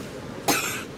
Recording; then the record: coughing mixed with background sound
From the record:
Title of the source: 64 coughing, allergies, singing lungs